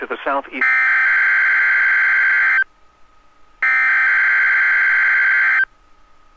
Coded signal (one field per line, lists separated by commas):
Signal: Emergency Alert System (SAME) tones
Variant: header bursts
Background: speech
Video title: 2/2/22 - WNG676 Required Weekly Test (Groundhog Day Edition!) (EAS #350)